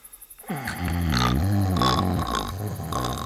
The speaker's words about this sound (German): Ja, aber da schnarcht doch jemand.